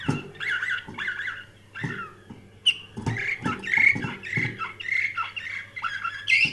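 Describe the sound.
Canary song of squeaky chirps and clear whistled notes in uneven bursts, accompanied by low tapping sounds and a background hum.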